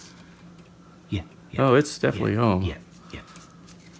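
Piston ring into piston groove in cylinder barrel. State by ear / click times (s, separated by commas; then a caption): not seated / none. A metal piston ring is handled in its piston groove while the pistons and rings are fitted into the cylinder barrel of a 1972 Norton Commando motorcycle during a rebuild. Someone talks over quiet background noise, with a brief faint tap near 3.4 s. Nothing has seated or clicked yet.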